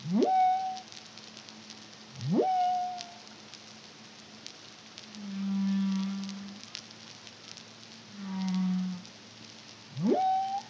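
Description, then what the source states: Humpback whale song: three steep upward swoops that end in level tones and two low, buzzing hums, over faint hiss. Caribbean, CARIMAM project, 2023.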